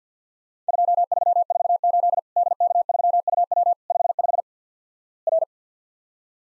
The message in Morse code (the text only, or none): 2348 DK3UW 55 R